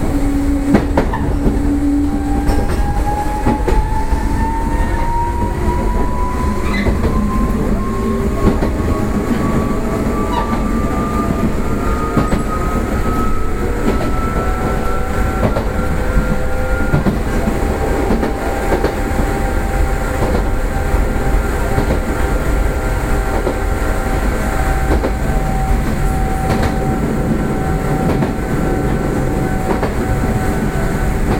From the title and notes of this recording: 西鉄600系 貝塚線 新宮から貝塚まで. 西日本鉄道６００系電車の走行音です。 貝塚線で録音しました。 It is a running sound of a series train of Nishinippon Railway 600 series.